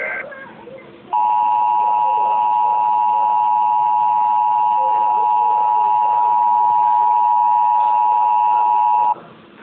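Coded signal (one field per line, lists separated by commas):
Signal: Emergency Alert System (SAME) tones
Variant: 853 and 960 Hz attention tone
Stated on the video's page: Mock Texas Required Weekly Test made with valid EAS tones.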